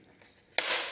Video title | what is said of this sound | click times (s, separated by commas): Ariens Envy Oil Change plus Must Do Upgrades (Fuel Shutoff and Pro Air Filter) | You just snap this baby tight. | 0.6 s